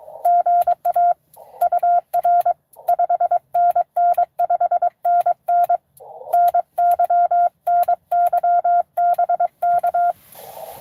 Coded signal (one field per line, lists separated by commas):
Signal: Morse code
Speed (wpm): 22 wpm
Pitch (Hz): 700 Hz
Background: none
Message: GA UR 5NN 5NN NY NY BK